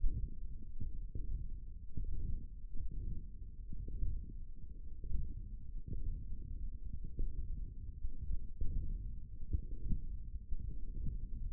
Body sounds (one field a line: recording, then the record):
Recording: forearm muscle sounds (acoustic myography)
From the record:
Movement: hook grip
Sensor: system 1, eight BSWA MPA416 microphones around the upper forearm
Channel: 3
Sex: female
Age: 22 years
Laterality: right